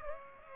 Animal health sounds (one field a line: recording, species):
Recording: mosquito wingbeat signal from an infrared sensor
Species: Aedes aegypti